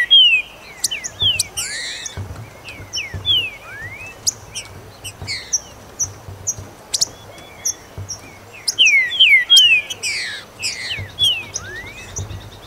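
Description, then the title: Green-winged saltator song of repeated falling whistles grouped into short phrases, mixed with thin high chirps. "Trinca Ferro"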